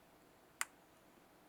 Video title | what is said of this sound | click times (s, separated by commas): Assemble ViC B3 Model Kit & Scratch Built Spaceship Details (Unedited Live Stream from May 13, 2023) | it's a nice nice one that clicks in positively | 0.6 s